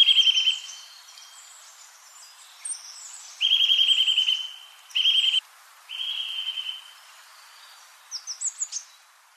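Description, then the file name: Eurasian nuthatch repeating several rapid trills of piping notes, some long and some brief, with short high chirps near the end. "Sitta europaea"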